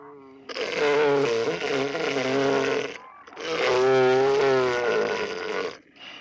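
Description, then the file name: Elephant seal giving two long, deep, rasping roars of about two and a half seconds each, then the start of a third. "Morskoi slon"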